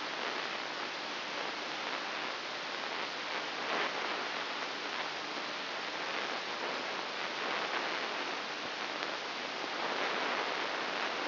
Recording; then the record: brain microelectrode recording played as sound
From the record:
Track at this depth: inside the subthalamic nucleus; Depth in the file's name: 3.004 mm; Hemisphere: right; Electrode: 3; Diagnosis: Parkinson's disease